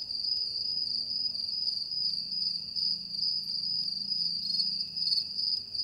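Cicada call, an unbroken shrill whine held at one pitch, softly pulsing.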